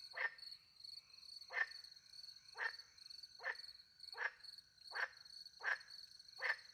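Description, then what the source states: Frog calls, single short notes roughly once a second, about eight in all, with steady crickets trilling throughout. Frogs with crickets at night in the French countryside near a little pond; microphones hidden in a tree; recorded with two Usi pro microphones into a Mixpre 10 II recorder.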